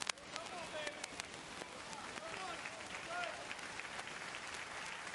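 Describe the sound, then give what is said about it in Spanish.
An audience claps steadily for several seconds, a dense crackling patter of many hands at a fairly even level, with scattered voices calling out and cheering amid the applause. “Me le da un aplauso más grande y alégrese, por favor, me dice amén algo.”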